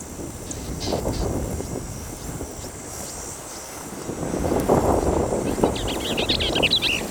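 Bell's vireo delivering a rapid, jumbled warble near the end under loud rushing wind and rumbling noise.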